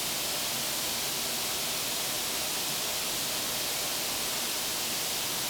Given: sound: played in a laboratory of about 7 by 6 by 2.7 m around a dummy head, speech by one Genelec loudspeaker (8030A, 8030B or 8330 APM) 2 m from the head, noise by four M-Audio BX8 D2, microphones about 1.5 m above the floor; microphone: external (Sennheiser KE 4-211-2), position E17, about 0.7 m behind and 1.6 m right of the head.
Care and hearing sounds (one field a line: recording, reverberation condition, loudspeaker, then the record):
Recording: white noise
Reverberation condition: high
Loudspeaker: four, about 170 cm from the corners of the room and facing them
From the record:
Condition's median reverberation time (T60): about 1300 ms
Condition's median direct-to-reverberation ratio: about -4.0 dB